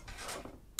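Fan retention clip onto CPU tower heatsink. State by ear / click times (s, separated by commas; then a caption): not seated / none. A metal wire fan clip is hooked into the side of the aluminium fins of a Jiushark JF100RS Crystal ARGB CPU tower cooler heatsink and pulled back toward its latch. A scraping, rubbing sound is followed by a small tap at 0.5 s and a sharp, bright metallic tick at 0.8 s. The clip has not latched yet, and nothing has seated.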